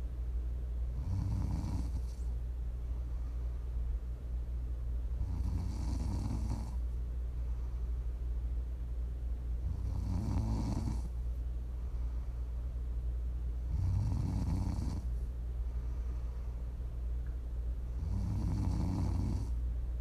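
An adult sleeper snoring, with low-pitched snores roughly every four to five seconds over a steady low-frequency background hum.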